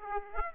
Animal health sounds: mosquito wingbeat signal from an infrared sensor; Aedes aegypti

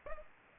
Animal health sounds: mosquito wingbeat signal from an infrared sensor; Aedes aegypti

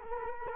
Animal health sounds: mosquito wingbeat signal from an infrared sensor; Culex quinquefasciatus

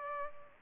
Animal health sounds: mosquito wingbeat signal from an infrared sensor; Culex pipiens

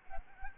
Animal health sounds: mosquito wingbeat signal from an infrared sensor; Aedes albopictus

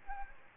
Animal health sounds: mosquito wingbeat signal from an infrared sensor; Aedes aegypti

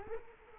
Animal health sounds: mosquito wingbeat signal from an infrared sensor; Culex quinquefasciatus

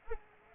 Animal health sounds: mosquito wingbeat signal from an infrared sensor; Culex pipiens

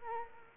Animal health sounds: mosquito wingbeat signal from an infrared sensor; Culex quinquefasciatus

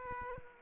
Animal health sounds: mosquito wingbeat signal from an infrared sensor; Aedes aegypti

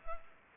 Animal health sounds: mosquito wingbeat signal from an infrared sensor; Culex pipiens

